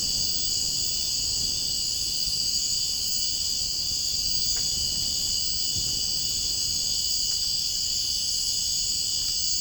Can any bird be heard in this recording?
no